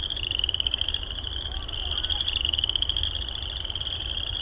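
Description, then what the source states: Frogs give a steady high pulsed trill that runs almost without a break, with a low background rumble. Recorded at Heartland Meadows.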